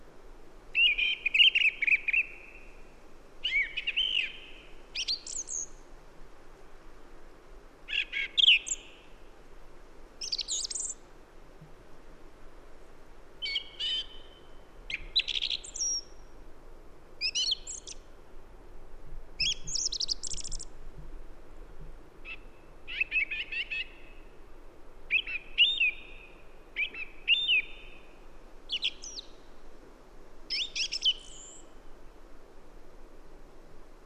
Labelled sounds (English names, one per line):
Song Thrush song